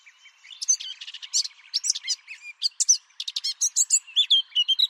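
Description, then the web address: Bird calls and chirps, a dense run of high, quick notes and trills with short rising and falling whistles, crowding together through the second half. "cianscape birddata Deverinetal 2025 Bird"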